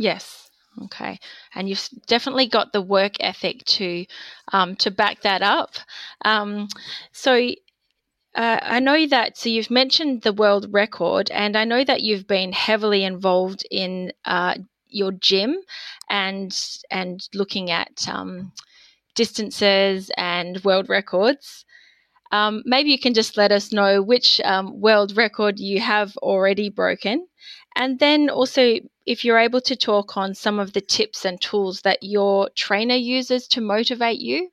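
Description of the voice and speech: An adult woman, a speech pathologist in Western Australia, asks a long interview question in clear, fluent speech with ordinary pitch, broken by frequent 'um' fillers and short pauses.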